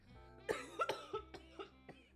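A run of about six short, harsh coughs in two seconds from an adult man, indoors; a 'high cough' from being high after smoking cannabis.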